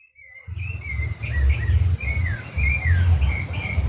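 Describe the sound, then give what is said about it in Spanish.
Several different birds trade quick, high chirps and whistled calls in spring, one answering another about 50 metres away, in overlapping bursts over a steady low rumble. “Estamos escuchando un contrapunto de distintos pájaros.”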